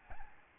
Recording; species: mosquito wingbeat signal from an infrared sensor; Aedes albopictus